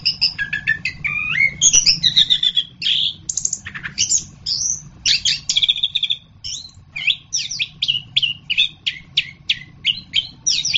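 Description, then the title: Orange-headed thrush singing lively twisting whistles at first, then a long series of sharp, evenly spaced chipping notes. "anis kembang"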